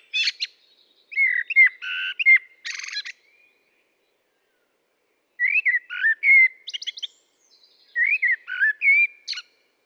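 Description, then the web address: Common blackbird with several song phrases: low mellow whistles mixed with buzzy and squeaky high notes, one longer phrase followed by two shorter ones. "SETE data Turdus merula"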